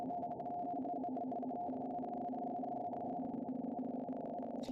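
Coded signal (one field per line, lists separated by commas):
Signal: RTTY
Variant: 50 baud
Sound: continuous warbling two-tone teleprinter chatter, rapid alternation between two pitches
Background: radio static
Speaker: Pinberg Weather Facts. I lower sideband it. And let it decode.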